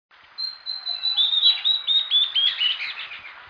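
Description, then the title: Bird song: a run of clear high whistled notes, then quick chirpy, warbled phrases. "LuckyPassaro Completos2Sama"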